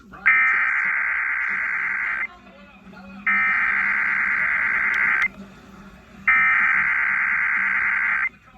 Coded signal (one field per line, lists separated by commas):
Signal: Emergency Alert System (SAME) tones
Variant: header bursts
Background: speech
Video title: Child Abduction Emergency on KFWR-FM & KTFW-FM (EAS #543-544)